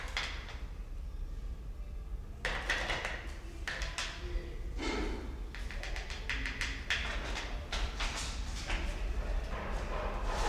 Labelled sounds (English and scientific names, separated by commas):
Choco Toucan (Ramphastos brevis)